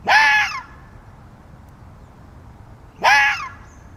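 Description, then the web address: Fox crying with two short, raspy, harmonically rich calls about three seconds apart, with faint hiss between. "as a fox cries listen"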